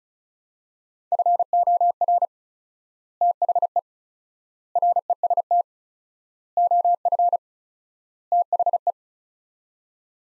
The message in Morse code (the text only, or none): FOR THE REST OF THE